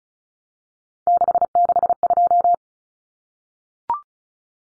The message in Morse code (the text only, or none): 662